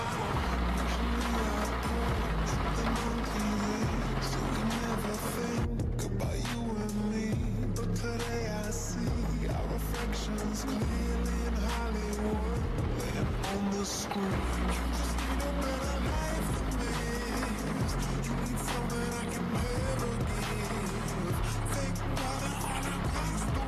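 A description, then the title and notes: Inside a car in the rain, a steady low engine drone fills the whole stretch, with deep rumbling bands that hold and shift slightly. A dense hiss of rain and road noise runs throughout, and faint voices seem to come and go. You are in a car, in the rain.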